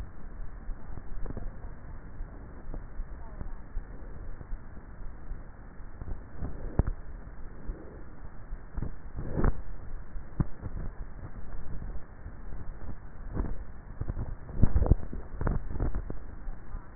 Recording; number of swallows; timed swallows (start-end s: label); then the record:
swallowing sounds by neck microphone; 1
14.72-15.62 s: swallow
From the record:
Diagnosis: dysphagia